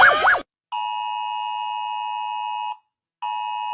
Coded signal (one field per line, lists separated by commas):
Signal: Emergency Alert System (SAME) tones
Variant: 853 and 960 Hz attention tone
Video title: Rating EAS alarms// IvoryGacha